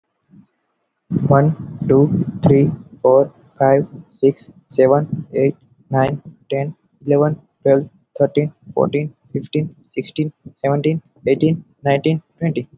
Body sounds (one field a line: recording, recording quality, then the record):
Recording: counting at a normal pace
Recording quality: excellent, no background noise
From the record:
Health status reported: healthy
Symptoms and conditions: none ticked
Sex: male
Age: 20 years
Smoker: not ticked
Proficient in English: yes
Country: India